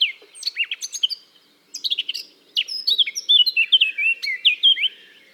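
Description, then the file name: Eurasian blackcap song: a hurried jumble of chattering notes, a brief pause, then a longer phrase ending in clear, ringing whistles. "Sylvia atricapilla"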